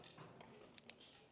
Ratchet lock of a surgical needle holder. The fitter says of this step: you hear that click